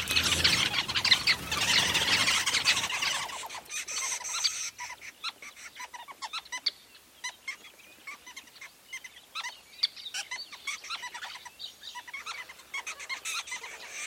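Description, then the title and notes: Weavers in a loud harsh squealing chorus at first, giving way to rapid scattered chirps and ticks from many birds. Recorded at a large weaver nest in Etosha National Park, Namibia. "Secret Life Of A Weaver Nest. a large Weaver nest in Etosha NP, Namibia"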